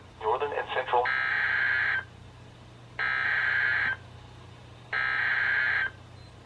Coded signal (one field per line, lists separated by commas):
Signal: Emergency Alert System (SAME) tones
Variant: header bursts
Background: speech